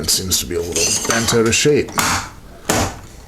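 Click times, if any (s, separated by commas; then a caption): 2.7 s. Someone talks while pressing the decorative cover of a curved shower curtain rod's wall bracket over the mounting plate, lining its indent pieces up over the two protruding tabs. A single sharp snap comes at 2.7 s as the cover clicks into place and is seated.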